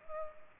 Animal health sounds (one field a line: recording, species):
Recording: mosquito wingbeat signal from an infrared sensor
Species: Culex pipiens